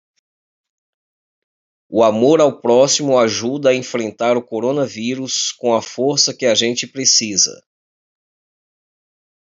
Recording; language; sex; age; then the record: spoken sentence; Brazilian Portuguese; male; 40 to 49 years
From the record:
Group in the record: control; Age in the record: 49 years